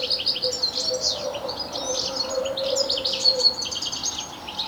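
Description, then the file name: European Goldfinch twittering continuously in bright, jumbled high notes, with a steady low drone running under the whole passage. "Carduelis carduelis"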